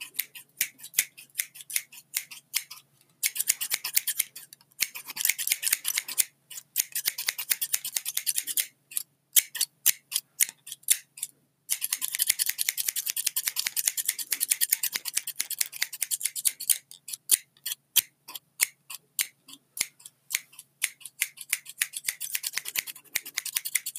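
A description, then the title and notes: Scissors snip rapidly, in dense runs of sharp, bright, crisp cuts that blur into a steady rasp. The bursts stop and start: near-continuous stretches around 3–6 and 12–17 seconds alternate with sparser, separate snips and brief silences. A faint low hum sits underneath. One Minute of Intense Scissors Sounds (No Talking). This time it's agressive and intense scissor sounds for one minute.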